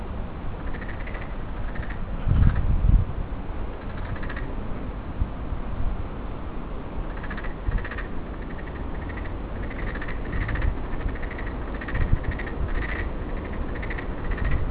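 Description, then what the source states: Frog calls: scattered pulsed croaks early, then a dense run of short rattling bursts in quick succession, with low thumps and steady background rumble. Hachimannuma, 2015.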